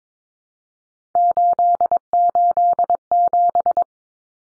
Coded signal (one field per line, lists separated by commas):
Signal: Morse code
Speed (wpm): 22 wpm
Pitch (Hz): 700 Hz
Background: none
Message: 887